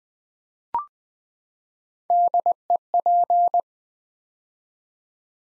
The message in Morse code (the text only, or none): DEP